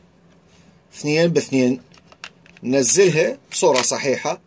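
During reassembly of a Glock pistol, the steel slide is slid back onto the frame rails and lowered into place while someone talks over faint handling noise. Nothing has seated or clicked yet, so the striker has not been drawn back and caught.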